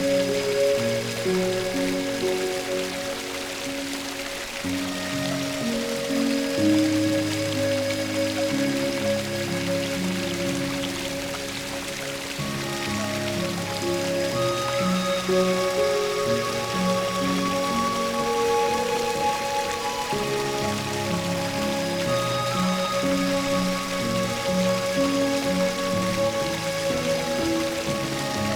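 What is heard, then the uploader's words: Running stream water makes a dense, steady hiss across the whole clip, unbroken. Underneath, soft low music moves through slow sustained notes that change every second or two, with a held higher tone running throughout at an even level. Laying by the Stream Water Sounds and Music. The water and nature sounds.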